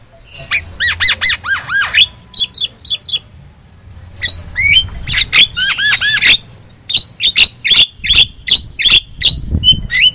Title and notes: Pancingan Jalak Kebo Bisu. Kicau Jalak Kebo